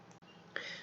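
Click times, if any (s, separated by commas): 0.6 s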